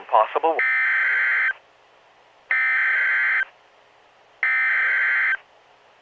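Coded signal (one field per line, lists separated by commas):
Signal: Emergency Alert System (SAME) tones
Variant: header bursts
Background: speech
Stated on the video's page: Fictional EAS scenario compilation styled as NOAA weather radio alerts, recorded on a phone via noaaweatherradio.org; not a real alert.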